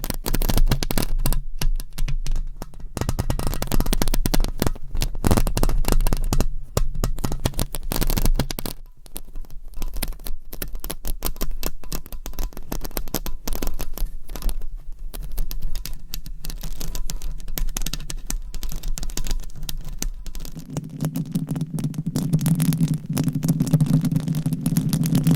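Dense, rapid scratching and rubbing against a microphone, crackling continuously with a steady low hum that shifts pitch after about twenty seconds.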